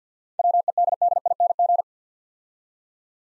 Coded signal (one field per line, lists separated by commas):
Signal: Morse code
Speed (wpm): 52 wpm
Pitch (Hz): 700 Hz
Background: none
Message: WEDDING